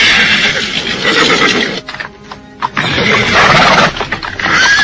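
Horses neigh loudly in two long, shrill bursts separated by a brief lull, with rough, breathy whinnying and a rising high squeal near the end.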